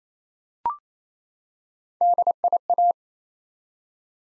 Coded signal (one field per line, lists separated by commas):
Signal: Morse code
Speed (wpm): 29 wpm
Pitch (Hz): 700 Hz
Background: none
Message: DIA